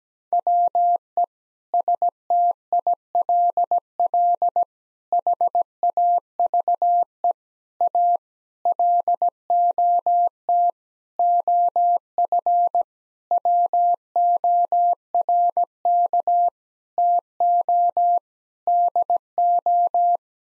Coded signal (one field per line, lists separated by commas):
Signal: Morse code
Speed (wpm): 17 wpm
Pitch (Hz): 700 Hz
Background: none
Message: WE STILL HAVE A LOT OF WORK TO DO